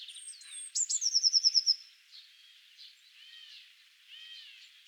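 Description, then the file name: Eurasian blue tit song: a thin high whistle, then a fast descending trill of bright notes lasting about a second, followed by softer lower chattering notes. "Cyanistes caeruleus"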